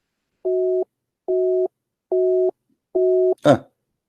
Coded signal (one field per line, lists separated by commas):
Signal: none